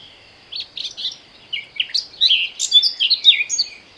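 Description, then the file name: Eurasian blackcap song, a rapid high warble that starts softly and grows louder and clearer, with fluty whistled notes mixed among scratchy chatter. "Sylvia atricapilla"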